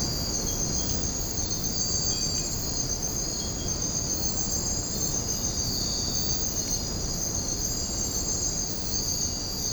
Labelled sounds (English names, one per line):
none